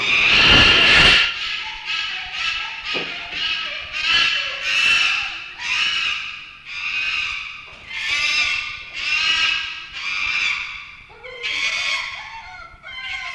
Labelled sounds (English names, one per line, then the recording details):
Chimpanzee
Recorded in captivity
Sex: diverse
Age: juvenile
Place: Zoo Rostock, Mecklenburg-Vorpommern, DE
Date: 1965-09-01 15:00
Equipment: Uher 4200 Report Monitor, Sennheiser MD 421, Transistorverstärker 2
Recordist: Tembrock, Günter